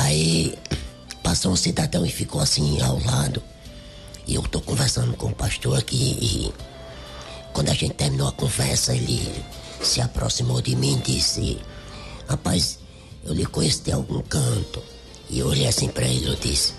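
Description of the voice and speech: Very low, rough, creaky adult male voice telling a story in Portuguese, typical of alaryngeal speech after laryngectomy; the speaker has no vocal cords, no larynx and no pharynx.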